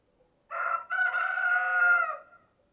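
Chicken: rooster crowing: a single loud cock-a-doodle-doo with a short opening note, a brief break, then a long sustained harmonic call that fades out, about two seconds in all.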